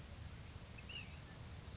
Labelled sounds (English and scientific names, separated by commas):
Ash-throated Flycatcher (Myiarchus cinerascens)